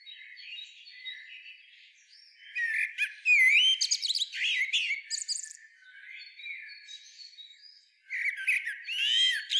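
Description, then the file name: Common blackbird calls: quiet thin tones first, then a loud run of squeaky slurred notes and chatter, closing with upward-sweeping squeals. "Turdus merula"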